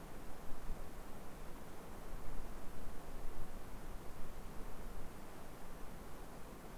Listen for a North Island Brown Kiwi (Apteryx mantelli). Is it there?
no